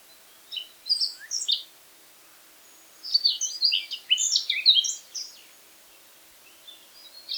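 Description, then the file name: Eurasian blackcap song: a short cluster of high notes, a silent pause, then a louder, rapid warbled phrase of varied pitches. "Sylvia atricapilla"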